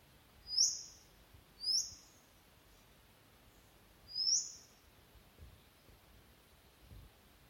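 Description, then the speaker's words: Golden Whistler, faint high thin seep notes, three drawn-out tones spaced unevenly over several seconds against a soft hiss. Recorded on a phone in Barmah National Park, Yorta Yorta Country, New South Wales, Australia; little whistle ending in a drawn-out seep, illustrating how the species varies by location. "Hear how this golden whistler has a very cute little whistle that ends with a drawn-out seep sound."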